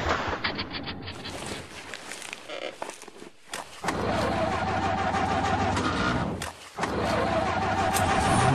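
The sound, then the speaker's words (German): A rough car engine sputters and chugs unevenly, cutting out abruptly twice before sputtering back to a steady, noisy run. No one speaks. “Der Motor ist abgeregt.”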